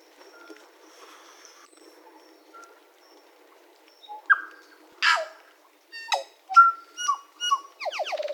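Tui: mixed bird song of clicks, rich harmonic notes and tonal whistles, getting louder and busier in the second half, with soft background twittering.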